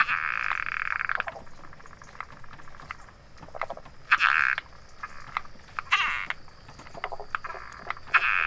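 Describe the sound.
Latouche's frog croaking in short, harsh bursts, some long and some brief, spaced irregularly over a steady high-pitched background hum.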